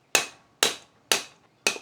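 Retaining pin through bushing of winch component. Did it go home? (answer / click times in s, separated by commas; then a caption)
no / none. Four sharp hammer taps ring out at about 0.2, 0.6, 1.1 and 1.7 seconds as someone strikes the end of a metal retaining pin to drive it through the bushing of an Ultrawinch PDX MK2 winch component on an Isuzu DMAX, with the part resting on something hard. Each tap aims to push the pin's skinny section to the middle so it locks in place and cannot fall out. Nothing has seated or clicked yet; the pin is still being tapped through.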